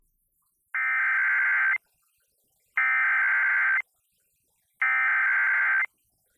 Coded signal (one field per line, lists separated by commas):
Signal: Emergency Alert System (SAME) tones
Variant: header bursts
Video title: December Tornado Trouble... - EAS alerts of 12/28 (EAS #1,856-1,903)